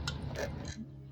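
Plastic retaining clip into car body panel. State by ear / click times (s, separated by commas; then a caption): seated / 0.1 s. A plastic retaining clip for the trunk release cable of a Hyundai Grand i10 is pressed by hand into the car body panel inside the cabin, a press fit. A sharp tick at 0.1 s marks the clip snapping in and seating, followed by a softer tick near 0.7 s.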